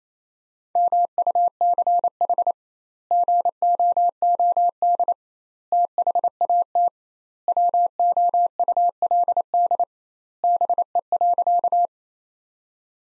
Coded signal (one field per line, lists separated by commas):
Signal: Morse code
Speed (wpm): 28 wpm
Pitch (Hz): 700 Hz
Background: none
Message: MUCH GOOD THAT WOULD BE.